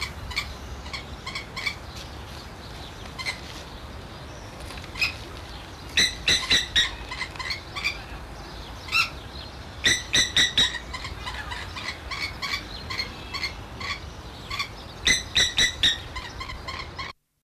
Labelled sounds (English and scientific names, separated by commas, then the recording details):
Blacksmith Lapwing (Vanellus armatus) call
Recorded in captivity
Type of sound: call
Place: Zoo Berlin, Berlin, DE
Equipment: Halbspur, 9,5 cm/s
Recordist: Lütgens, Hans
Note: Rufe von zwei Tieren